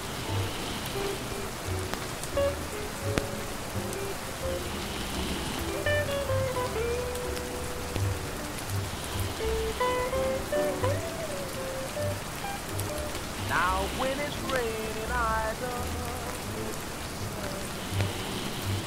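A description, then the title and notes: Steady, dense rain patters and hisses for the whole stretch without letup. Faint old-style music drifts through, with held melodic notes around six to ten seconds and quick wavering phrases near fourteen seconds. A soft low rumble pulses irregularly underneath. Rainy Night in Bucky Barnes’ Brooklyn Apartment || Marvel Ambience. This audio features soundbites of cityscape noises, rain, snoring and 40s music. The rain pattering against the open bedroom window, accompanied by the sounds of the city nightlife.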